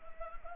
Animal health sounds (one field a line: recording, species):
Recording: mosquito wingbeat signal from an infrared sensor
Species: Anopheles gambiae